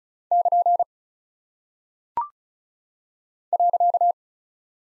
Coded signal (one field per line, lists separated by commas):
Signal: Morse code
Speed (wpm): 36 wpm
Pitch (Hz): 700 Hz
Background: none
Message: <KN> .